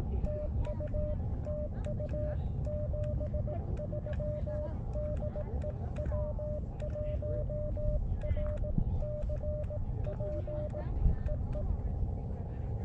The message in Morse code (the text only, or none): TU TU 73 DE W1RCP EE